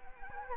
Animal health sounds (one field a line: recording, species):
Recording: mosquito wingbeat signal from an infrared sensor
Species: Anopheles arabiensis